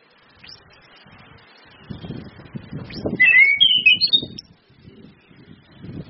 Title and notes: Anis Kembang 5. PANCINGAN anis kembang ngeplong dan SUITAN BETINA. Masteran Anis Kembang